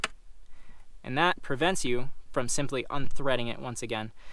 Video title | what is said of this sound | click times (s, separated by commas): Honda CRV Build Out -- Full Summer Tour | you heard that click, you'll hear the click again. | 0.0 s